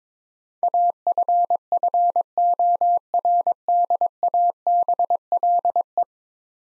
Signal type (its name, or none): Morse code